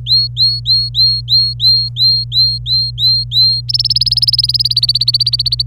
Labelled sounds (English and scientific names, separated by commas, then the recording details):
Domestic Canary (Serinus canaria) song
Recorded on 26 April 2018 at 09:59
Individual llb3